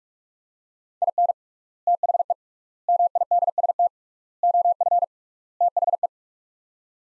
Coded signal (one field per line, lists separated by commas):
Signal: Morse code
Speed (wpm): 46 wpm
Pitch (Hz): 700 Hz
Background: none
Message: IN THE MIDST OF THE